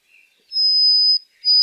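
White-throated sparrow song: a faint low whistle, then a long, pure, steady high whistled note held for over half a second, followed by the start of another high whistle.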